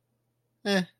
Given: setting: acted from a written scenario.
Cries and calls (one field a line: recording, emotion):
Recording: vocal sound without words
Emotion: neutral